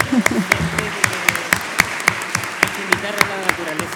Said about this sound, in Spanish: Agradecemos a los panelistas también por lo compartido esta mañana. Y los invitamos, un aplauso a los panelistas.